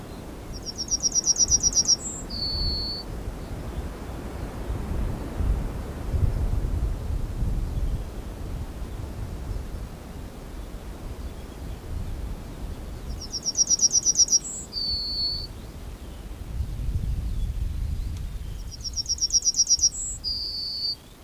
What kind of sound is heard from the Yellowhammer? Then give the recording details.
song. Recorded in the wild. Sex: male. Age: adult. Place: Lüdersdorf, Barnim, Brandenburg, DE. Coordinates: 52.9164, 14.0703. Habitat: Straßenallee. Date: 2006-04-14. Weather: bedeckt, mäßiger Wind aus West, 5°C. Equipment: Marantz PMD 671, Sennheiser MKH 70, Popschutz. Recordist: Frommolt, Karl-Heinz